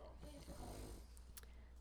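Rachel, a small female brindle, orangey Boston Terrier, snoring loudly.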